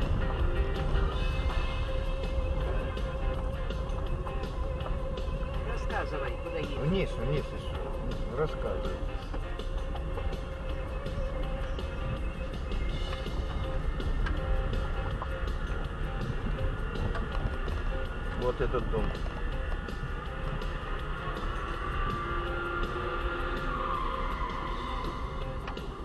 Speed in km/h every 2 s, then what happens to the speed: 14, 13, 9, 6, 8, 9, 12, 13, 13, 12, 6, 9, 8.
0-6 slows to 6. 6-13 speeds up to 13. 13-26 steady at about 9.